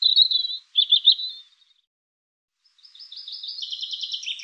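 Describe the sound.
European robin giving two short warbled, high-pitched phrases, then after a gap of about a second and a half a longer fast trill of tinkling notes; no other sounds.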